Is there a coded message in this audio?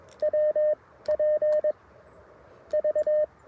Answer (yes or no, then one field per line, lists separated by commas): yes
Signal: Morse code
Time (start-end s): 0.2-3.2 s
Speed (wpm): 22 wpm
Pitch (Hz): 590 Hz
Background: none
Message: W P V